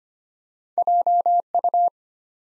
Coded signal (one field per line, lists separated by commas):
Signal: Morse code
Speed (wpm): 25 wpm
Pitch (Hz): 700 Hz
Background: none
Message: JU